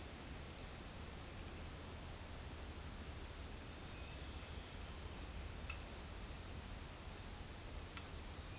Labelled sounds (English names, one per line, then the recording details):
none
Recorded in dense forest near Puerto Asís, Putumayo, Colombia, on 22 June 2025 at 09:30
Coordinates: 0.499, -76.324
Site G100